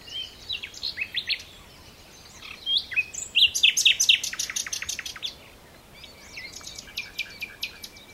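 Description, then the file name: Common nightingale song: scattered chirps, then a fast run of loud, clicking repeated notes, a pause, and another rattling phrase. "Luscinia megarhynchos"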